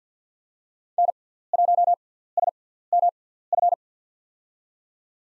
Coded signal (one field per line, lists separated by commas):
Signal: Morse code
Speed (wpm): 50 wpm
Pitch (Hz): 700 Hz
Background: none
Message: N1SMF